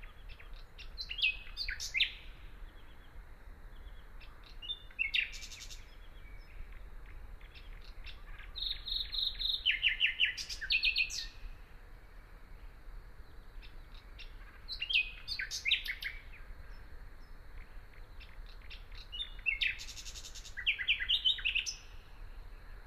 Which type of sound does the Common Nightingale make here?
song